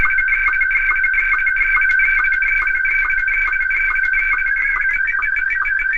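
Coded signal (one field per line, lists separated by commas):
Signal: SSTV (slow-scan television)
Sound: warbling, chirpy tones shifting steadily, with a short low blip roughly twice a second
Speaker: let's talk about slow scan television again. This is what it sounds like. Ready?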